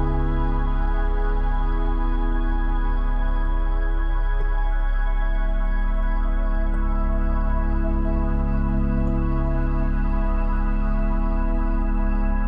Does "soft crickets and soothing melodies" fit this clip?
yes